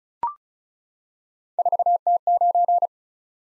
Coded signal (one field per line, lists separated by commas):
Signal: Morse code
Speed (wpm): 35 wpm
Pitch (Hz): 700 Hz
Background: none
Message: 4T9